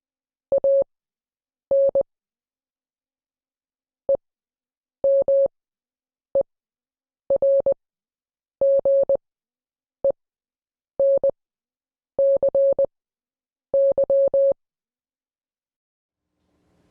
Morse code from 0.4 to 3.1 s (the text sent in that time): AN